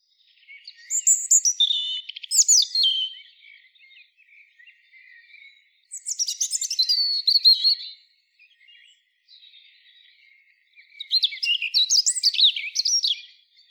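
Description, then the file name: European robin song in three short, high, tumbling phrases with sharp notes, spaced by gaps of about three seconds. "Erithacus rubecula"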